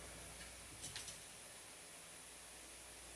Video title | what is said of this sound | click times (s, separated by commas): HK416 job | There we go. See? Clicks right in. | 1.0 s